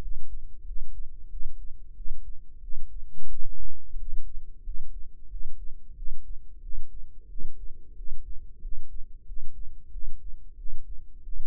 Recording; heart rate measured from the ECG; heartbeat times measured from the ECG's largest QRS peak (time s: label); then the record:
heart sounds by microphone in the left ear; 91 bpm
0.64 s: heartbeat
1.29 s: heartbeat
1.94 s: heartbeat
2.60 s: heartbeat
3.28 s: heartbeat
3.96 s: heartbeat
4.63 s: heartbeat
5.28 s: heartbeat
5.94 s: heartbeat
6.61 s: heartbeat
7.27 s: heartbeat
7.95 s: heartbeat
8.60 s: heartbeat
9.25 s: heartbeat
9.90 s: heartbeat
10.56 s: heartbeat
11.22 s: heartbeat
From the record:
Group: healthy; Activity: rest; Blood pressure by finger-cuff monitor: 98/68 mmHg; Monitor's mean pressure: 77 mmHg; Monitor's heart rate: 91 bpm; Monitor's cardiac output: 7.3 L/min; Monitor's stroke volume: 81 mL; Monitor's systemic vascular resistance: 760 dyn s/cm5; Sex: male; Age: 19 years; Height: 178 cm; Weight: 83 kg